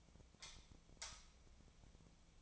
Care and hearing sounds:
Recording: daily activity, microphone in the room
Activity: light off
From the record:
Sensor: 1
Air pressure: 1009.8 hPa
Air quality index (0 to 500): 189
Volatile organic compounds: 17 ppm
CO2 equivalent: 2596 ppm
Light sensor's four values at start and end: 47/133/54/62 and 36/92/38/47

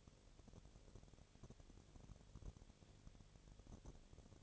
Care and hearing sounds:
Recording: daily activity, microphone in the room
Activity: no activity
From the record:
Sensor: 4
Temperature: 22.4 degrees Celsius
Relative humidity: 31.1%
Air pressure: 1004.1 hPa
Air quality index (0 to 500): 85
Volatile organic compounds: 1 ppm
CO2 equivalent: 765 ppm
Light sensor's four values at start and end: 2/3/1/1 and 2/3/1/1

